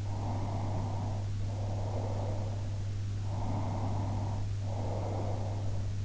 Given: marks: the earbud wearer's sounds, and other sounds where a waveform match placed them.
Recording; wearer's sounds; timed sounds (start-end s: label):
sounds in sleep by an in-ear microphone; breath
0.16-2.79 s: breath
3.41-5.92 s: breath